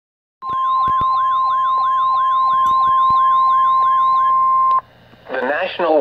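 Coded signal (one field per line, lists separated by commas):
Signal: Emergency Alert System (SAME) tones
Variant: 1050 Hz attention tone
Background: speech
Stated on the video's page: Severe thunderstorm warning received on NOAA Weather Radio station KEC80.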